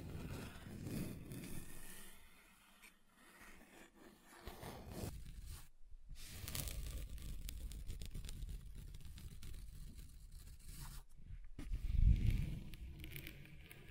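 Scratching on a table's surface, uneven rasping strokes with brief silences near six and eleven seconds, ending in a louder scrape.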